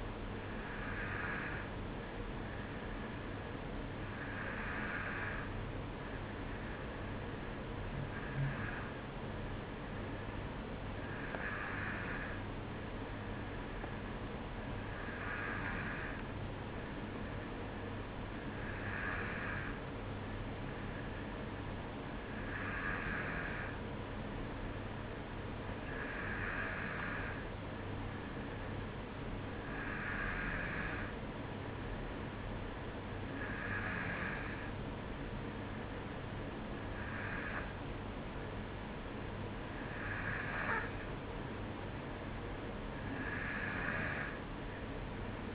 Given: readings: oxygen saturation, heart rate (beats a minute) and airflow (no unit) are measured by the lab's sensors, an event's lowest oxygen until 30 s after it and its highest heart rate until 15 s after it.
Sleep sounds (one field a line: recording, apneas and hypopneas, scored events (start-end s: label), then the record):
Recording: breathing in sleep by a voice recorder at the bedside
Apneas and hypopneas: none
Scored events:
none scored
From the record:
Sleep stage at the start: N2 (light sleep)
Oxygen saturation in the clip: 93 to 94%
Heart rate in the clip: 52 to 55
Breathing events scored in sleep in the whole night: 305 in 9.6 hours asleep